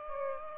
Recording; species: mosquito wingbeat signal from an infrared sensor; Aedes aegypti